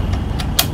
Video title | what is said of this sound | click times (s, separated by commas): Canon SELPHY 1200 | you will hear the click if you want to check pull | 0.6 s